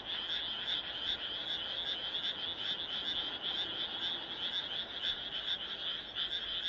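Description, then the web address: Frogs in full chorus, brisk repeated croaking notes blending into a continuous pulsing drone. "kaeru kaeru"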